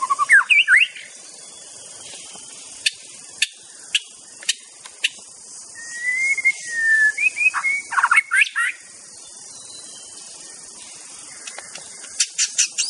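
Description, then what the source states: White-rumped shama, scattered sharp clicks then a flowing whistled phrase with wavering notes and a quick chattering flourish, over steady high insect buzz. Wild bird recorded singing in forest.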